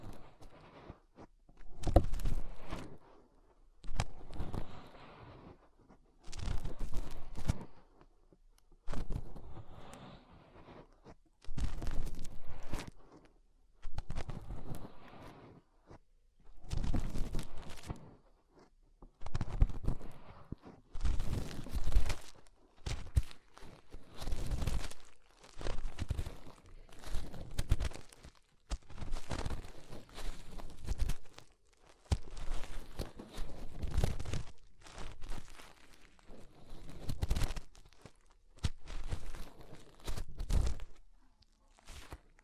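Fingers rub and scrape inside an ear in repeated bursts, each lasting about a second, with a deep muffled rumble under a crackly, crunching rustle. The strokes come roughly every two seconds with short silences between, growing slightly quicker toward the end.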